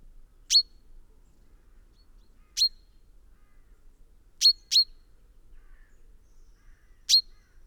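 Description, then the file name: Common chaffinch giving single sharp metallic call notes at irregular intervals, once doubled, in quiet surroundings. "Fringilla coelebs"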